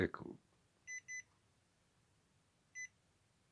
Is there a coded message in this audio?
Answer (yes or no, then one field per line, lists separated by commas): no